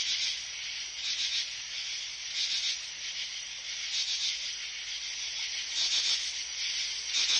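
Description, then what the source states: Crickets giving harsh, buzzy chirp bursts at uneven intervals of one to two seconds against a constant shrill hiss. Crickets in a forest at night.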